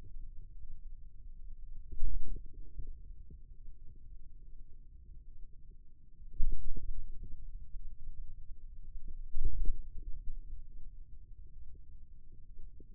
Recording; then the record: forearm muscle sounds (acoustic myography)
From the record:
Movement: ulnar deviation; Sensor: system 2, bracelet of six BSWA MPA416 microphones around the upper forearm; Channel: 2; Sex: male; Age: 22 years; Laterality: right